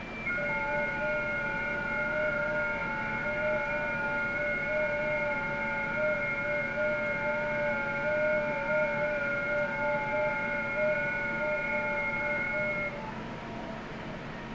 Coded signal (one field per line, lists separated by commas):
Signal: FT8